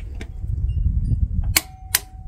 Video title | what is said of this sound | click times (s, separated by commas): GOYOJO 1/2" Heavy-Duty Torque Wrench - | there's the click | 1.6 s